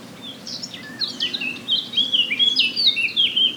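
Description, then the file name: Eurasian blackcap song, a continuous rush of high, sliding, warbled notes that grows louder toward the end. "Sylvia atricapilla"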